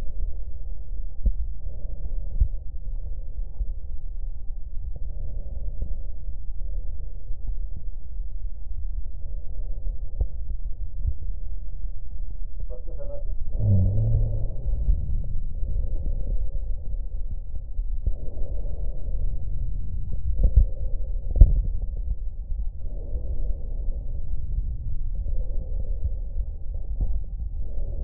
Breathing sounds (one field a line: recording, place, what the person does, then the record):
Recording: lung sounds by stethoscope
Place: left anterior apical chest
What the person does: quiet breathing, then deep breathing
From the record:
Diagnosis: pulmonary infection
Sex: male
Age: 74 years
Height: 171 cm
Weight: 80 kg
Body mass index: 27.4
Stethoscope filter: extended mode